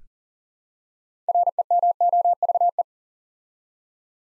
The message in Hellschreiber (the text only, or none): none